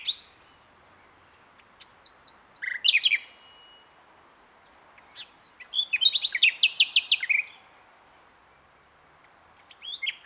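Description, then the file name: Common nightingale song: whistled slurred notes, a pause, then a rapid chattering run of repeated notes, and a few more notes at the end. "Luscinia megarhynchos"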